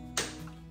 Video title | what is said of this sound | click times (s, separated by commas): ERGOBABY METRO+ STROLLER REVIEW & UNBOXING - BABY PRODUCTS - BABY TRAVEL GEAR - SUMMER WINTER MOM | it pops into place | 0.2 s